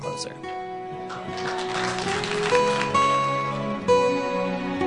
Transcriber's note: applause